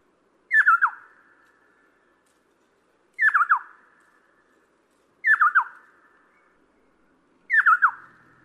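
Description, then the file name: Taiwan scimitar babbler calling: a short, falling whistled note with a quick stutter, repeated four times at intervals of a few seconds, with little else around. "大彎嘴"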